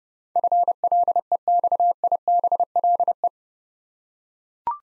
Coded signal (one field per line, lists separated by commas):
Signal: Morse code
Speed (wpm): 30 wpm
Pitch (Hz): 700 Hz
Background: none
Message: FLEXIBLE